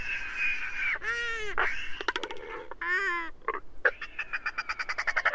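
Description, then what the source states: Royal albatrosses calling busily: moaning arched wails, short brays and sharp clicks, finishing with a fast series of rattling pulses. Several birds singing together.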